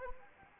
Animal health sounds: mosquito wingbeat signal from an infrared sensor; Anopheles arabiensis

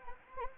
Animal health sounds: mosquito wingbeat signal from an infrared sensor; Anopheles arabiensis

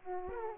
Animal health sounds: mosquito wingbeat signal from an infrared sensor; Aedes aegypti

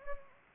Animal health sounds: mosquito wingbeat signal from an infrared sensor; Anopheles gambiae

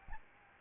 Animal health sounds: mosquito wingbeat signal from an infrared sensor; Aedes albopictus

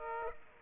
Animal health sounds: mosquito wingbeat signal from an infrared sensor; Aedes aegypti

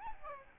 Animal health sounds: mosquito wingbeat signal from an infrared sensor; Aedes albopictus

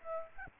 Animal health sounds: mosquito wingbeat signal from an infrared sensor; Aedes aegypti

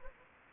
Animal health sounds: mosquito wingbeat signal from an infrared sensor; Anopheles gambiae

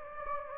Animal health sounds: mosquito wingbeat signal from an infrared sensor; Anopheles gambiae

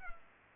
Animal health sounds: mosquito wingbeat signal from an infrared sensor; Culex pipiens

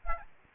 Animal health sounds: mosquito wingbeat signal from an infrared sensor; Aedes aegypti

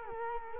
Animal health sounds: mosquito wingbeat signal from an infrared sensor; Culex quinquefasciatus

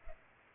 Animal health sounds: mosquito wingbeat signal from an infrared sensor; Culex pipiens

